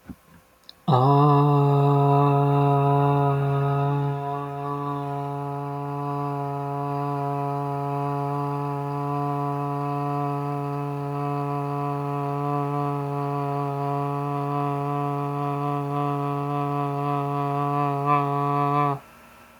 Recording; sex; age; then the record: vowel held as long as possible; male; 30 to 39 years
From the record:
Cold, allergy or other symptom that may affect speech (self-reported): no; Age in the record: 37 years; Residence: Colorado, United States